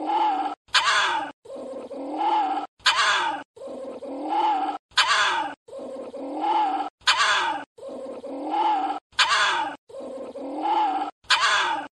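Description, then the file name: Small Indian civet repeating a low wavering moan broken by sudden harsh bursts, regular at roughly two-second intervals. "Tieng chon huong"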